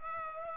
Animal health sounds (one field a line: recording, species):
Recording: mosquito wingbeat signal from an infrared sensor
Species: Culex pipiens